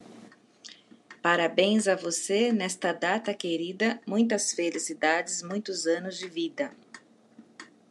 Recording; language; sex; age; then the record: short text; Brazilian Portuguese; female; 40 to 49 years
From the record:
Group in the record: control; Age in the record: 46 years